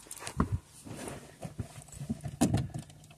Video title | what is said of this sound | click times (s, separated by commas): INERTIAL SWITCH INTERVENTED Alfa Romeo 159 nie odpala kręci co zrobić nie chce odpalić komunikat | on musi tak kliknąć czuć wyraźnie pod ręką że kliknie teraz chodzi Tak luźno i teraz | 0.4 s